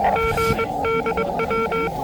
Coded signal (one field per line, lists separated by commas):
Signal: Morse code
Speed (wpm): 21 wpm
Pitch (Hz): 1360 Hz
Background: none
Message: GDW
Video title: Seoul Junk Market, HAM ,Seoul Junk